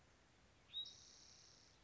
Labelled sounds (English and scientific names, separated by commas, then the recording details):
Spotted Towhee (Pipilo maculatus)
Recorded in Sonoma County, California